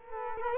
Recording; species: mosquito wingbeat signal from an infrared sensor; Culex quinquefasciatus